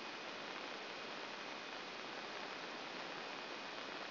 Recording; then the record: brain microelectrode recording played as sound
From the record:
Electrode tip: inside the subthalamic nucleus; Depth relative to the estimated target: 3 mm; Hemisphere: left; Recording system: AlphaMap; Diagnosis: Parkinson's disease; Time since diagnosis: 11 years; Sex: male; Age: 56 years